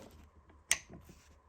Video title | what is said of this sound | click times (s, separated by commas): P0420 Fix Scion XB Upstream & Downstream O2 Sensors Replacement How-To | make sure it clicks | 0.7 s